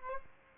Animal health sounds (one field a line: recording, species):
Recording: mosquito wingbeat signal from an infrared sensor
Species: Aedes aegypti